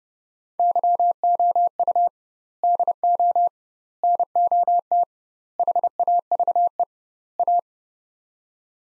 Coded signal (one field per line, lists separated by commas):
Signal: Morse code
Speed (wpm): 30 wpm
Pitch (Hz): 700 Hz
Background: none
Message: YOU DO NOT HAVE A